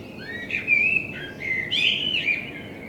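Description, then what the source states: Common blackbird song: two clear, flute-like warbled phrases in quick succession. Binaural dummy-head recording with a self-built artificial head, made in front of the recordist's window; intended for headphone listening.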